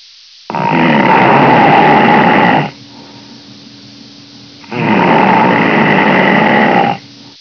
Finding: Snore.